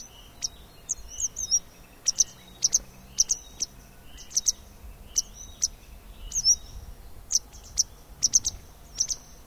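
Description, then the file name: Tit calls: many high sharp notes in clusters and doublets, with some slurred chirps among them, over faint low background noise. A pair of tits giving a call sequence. "BIRD TIT PAIR CALL SEQUENCE"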